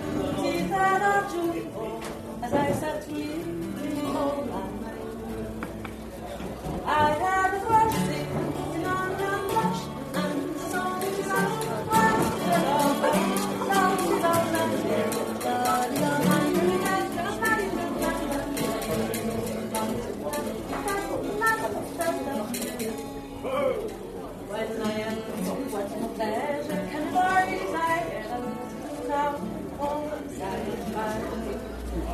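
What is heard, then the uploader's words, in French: A bar full of lively chatter, many voices overlapping into a steady indoor murmur, with some clearer voices. The level holds fairly even throughout, easing briefly around seven seconds before the busy talk picks back up. Kerry's bar a théme une chouette ambiance dans ce bar.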